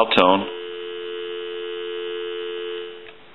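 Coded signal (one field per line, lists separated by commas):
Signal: telephone call progress tone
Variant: North America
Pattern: dial tone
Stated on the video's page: Tones heard during initial checkout and repair of a police and fire call box 525B telephone set.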